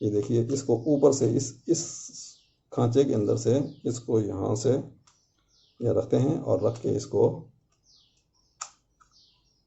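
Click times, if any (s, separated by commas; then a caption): 8.6 s. Someone talks while placing an add-on auxiliary contact block on top of a magnetic contactor and pressing it into place. After the talking stops, a single sharp click sounds at 8.6 s, followed by a faint tick. The auxiliary contact block snaps and seats on the contactor.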